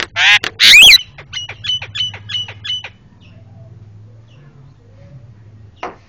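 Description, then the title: Javan myna calls: two loud harsh squawks, then a quick series of short clipped notes; quiet hum afterwards. Loud, very noisy Javan myna calls, used for training cage birds (masteran). "Jalak Kebo Master Suara Super Berisik Buat Masteran"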